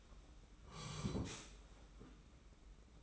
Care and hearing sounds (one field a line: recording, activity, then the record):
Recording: daily activity, microphone in the room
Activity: sit down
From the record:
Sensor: 1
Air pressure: 991.7 hPa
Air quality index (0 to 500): 156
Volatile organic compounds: 1000 ppm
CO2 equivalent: 5794 ppm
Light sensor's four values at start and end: 30/100/39/39 and 30/103/40/40